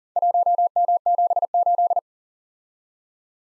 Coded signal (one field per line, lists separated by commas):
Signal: Morse code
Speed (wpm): 40 wpm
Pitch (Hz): 700 Hz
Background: none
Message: 1M78